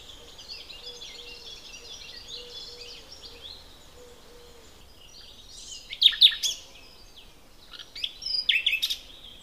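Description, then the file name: Common nightingale song: a soft repeated low whistle first, then loud clicking and trilling phrases in two bursts; birds in background. "Luscinia megarhynchos"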